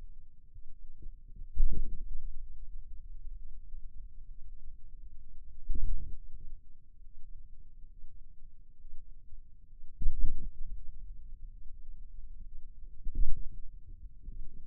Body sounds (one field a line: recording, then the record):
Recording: forearm muscle sounds (acoustic myography)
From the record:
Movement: radial deviation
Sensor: system 2, bracelet of six BSWA MPA416 microphones around the upper forearm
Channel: 5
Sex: male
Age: 22 years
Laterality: right